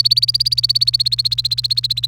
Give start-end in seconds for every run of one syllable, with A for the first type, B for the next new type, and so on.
0.00-2.06 A